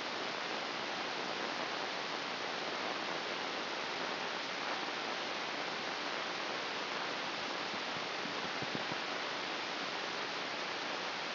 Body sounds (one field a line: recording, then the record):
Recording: brain microelectrode recording played as sound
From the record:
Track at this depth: inside the subthalamic nucleus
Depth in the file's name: 6.532 mm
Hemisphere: right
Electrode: 2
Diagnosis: Parkinson's disease